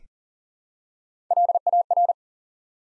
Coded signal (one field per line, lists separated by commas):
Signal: Morse code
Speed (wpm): 40 wpm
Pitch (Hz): 700 Hz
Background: none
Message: LAR